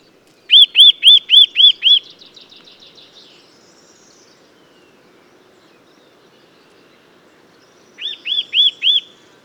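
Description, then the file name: Eurasian nuthatch calling: a quick run of loud, clear, arched whistled notes, a softer trailing series, a pause, then a few more loud whistles near the end. "Sitta europaea"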